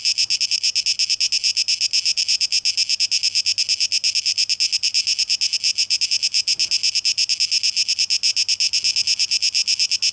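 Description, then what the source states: Cicadas singing in a harsh, high rasping buzz broken into rapid, steady pulses, with brief faint low rustles in the background. Cicadas recorded on 12 August 2023.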